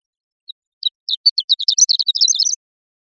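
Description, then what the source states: Bird call: a few scattered high notes that build into a fast, accelerating series of sharp chirps rising in pitch, lasting about two seconds. Recorded in Costa Rica.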